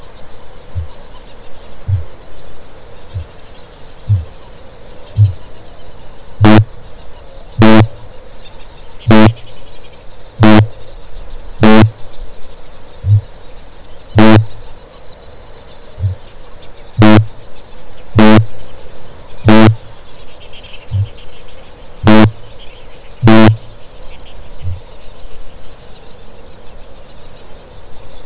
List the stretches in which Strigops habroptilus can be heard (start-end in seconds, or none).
0.53-5.51, 6.22-14.54, 15.77-16.29, 16.74-23.84, 24.25-25.03